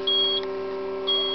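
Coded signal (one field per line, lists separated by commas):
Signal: pager alert tone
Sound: two short high steady beeps about one second apart, low hum underneath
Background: low hum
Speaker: so we look at the pager here why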